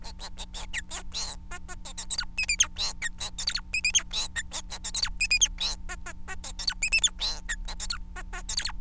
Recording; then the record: song of a male Bengalese finch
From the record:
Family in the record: son of father 4